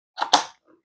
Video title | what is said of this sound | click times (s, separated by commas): Eureka WhirlWind VS Aspiron Canister - FULL DETAILED COMPARISON | it locks into place you can't accidentally bump that or pull that off you do have to release the button | 0.3 s